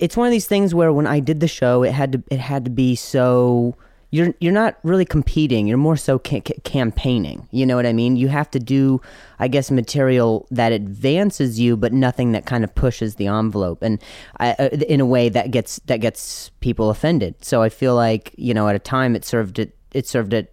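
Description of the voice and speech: A 27-year-old man, a stand-up comedian, speaks conversationally at a moderate pace with a stutter he acquired at age 20 after a softball struck his throat and he suffered a head injury with concussion. A stretched, repeated 'k' onset, brief silent glottal blocks and repeated words and phrases ('it had, it had', 'that gets, that gets') are mild and scattered through otherwise fluent speech.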